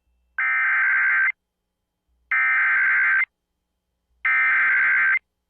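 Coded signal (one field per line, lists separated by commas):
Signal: Emergency Alert System (SAME) tones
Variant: header bursts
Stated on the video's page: Personally captured real alerts.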